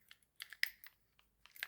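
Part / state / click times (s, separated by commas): folding part of a key-shaped multitool into its body / seated / 0.6 s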